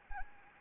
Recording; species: mosquito wingbeat signal from an infrared sensor; Anopheles arabiensis